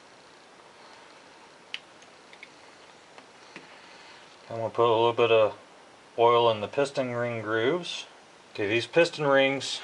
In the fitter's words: don't let this thing go flying across the room you'll never see it again just make sure you get it in there until you hear it click into place